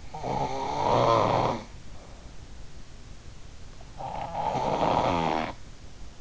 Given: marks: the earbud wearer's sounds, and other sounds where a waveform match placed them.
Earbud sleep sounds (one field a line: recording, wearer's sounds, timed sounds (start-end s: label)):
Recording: sounds in sleep by an in-ear microphone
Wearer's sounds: snoring breath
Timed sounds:
0.00-2.42 s: snoring breath
3.77-5.57 s: snoring breath